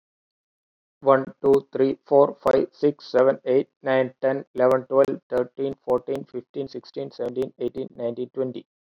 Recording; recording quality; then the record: counting at a fast pace; excellent, no background noise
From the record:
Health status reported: healthy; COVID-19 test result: negative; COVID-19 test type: RT-PCR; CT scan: not taken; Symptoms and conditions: none ticked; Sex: male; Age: 37 years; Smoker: no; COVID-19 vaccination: both doses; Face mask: not worn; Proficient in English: yes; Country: India